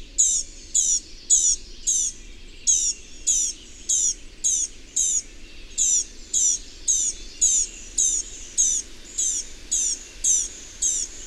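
Bird chirping in a steady, high-pitched series, each note short and bright, repeated about twice a second.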